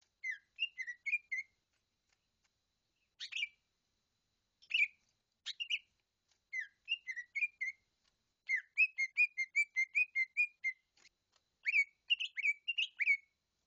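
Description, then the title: Leafbird song in scattered bursts: short whistled phrases, isolated sharp notes, then a sustained rapid series of bright whistles toward the end. "CUCAK IJO"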